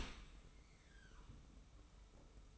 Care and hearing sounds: daily activity, microphone in the room; open dishwasher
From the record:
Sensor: 1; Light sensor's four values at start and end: 41/127/50/52 and 41/127/50/52

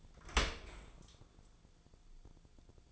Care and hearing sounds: daily activity, microphone in the room; open dishwasher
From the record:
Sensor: 5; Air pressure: 1000.6 hPa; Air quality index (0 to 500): 151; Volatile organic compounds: 2 ppm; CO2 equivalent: 1160 ppm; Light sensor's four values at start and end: 40/91/39/42 and 40/91/39/42

